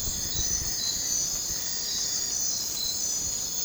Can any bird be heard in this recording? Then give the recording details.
no. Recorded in dense forest near Puerto Asís, Putumayo, Colombia, on 20 December 2024 at 00:30. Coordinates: 0.466, -76.327. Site G075